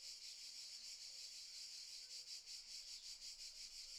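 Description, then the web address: Cicadas produce a high, rasping, throbbing buzz pulsing several times a second. Cicadas stridulating very loudly in summer fields, by day in the morning. "Sculp Tunes - Summer in the field - Crickets and Cicadas - Summer in the fields - DAY Morning - the cicadas stridulate very loudly"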